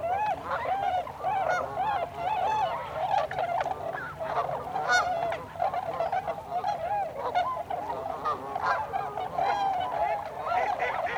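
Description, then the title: Tundra swan flock giving a steady babble of soft, bugling hoots, many birds calling at once in an unbroken wash of sound. Recorded 26 December 2020. "2020-12-26-Tundra-Swans"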